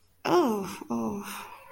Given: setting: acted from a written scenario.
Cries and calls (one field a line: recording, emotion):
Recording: vocal sound without words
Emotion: sympathy